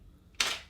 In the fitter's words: like that you see it pops out exactly the moment you push on it